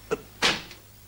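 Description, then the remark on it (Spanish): A door is worked: a short sharp click, then a louder scraping rattle lasting a moment before fading, with no voices. “¿Qué le pasa a esta puerta?”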